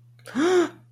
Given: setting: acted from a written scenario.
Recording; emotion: vocal sound without words; embarrassment